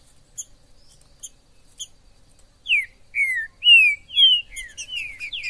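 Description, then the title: Green-winged saltator delivering a phrase of loud, liquid slurred whistles after a few soft high chips. Trinca-ferro 'Major' in the forest, chirping, singing and 'macheando' (acting male) in a dispute; video meant to excite a pet trinca-ferro. "ESQUENTAR Seu TRINCA Piando, Cantando E Macheando Na DISPUTA. TRINCA FERRO no MATO Trinca ferro MAJOR no MATO"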